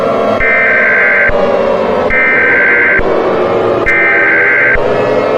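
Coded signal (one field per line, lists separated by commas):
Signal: Emergency Alert System (SAME) tones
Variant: header bursts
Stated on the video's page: Fictional scenario.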